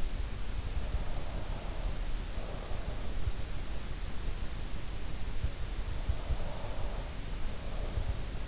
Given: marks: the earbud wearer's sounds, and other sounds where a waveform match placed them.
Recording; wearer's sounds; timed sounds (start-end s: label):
sounds in sleep by an in-ear microphone; breath
1.14-3.25 s: breath
6.19-8.48 s: breath